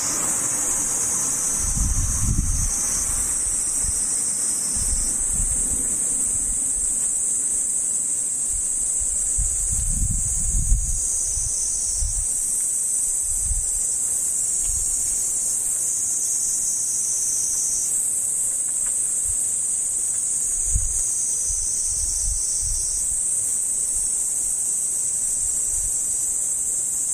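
A cicada drones without pause, a steady, high, hissing buzz that holds the same pitch and loudness for the whole stretch. Low rumbling gusts swell underneath now and then, around two, ten to eleven, and twenty-one seconds in.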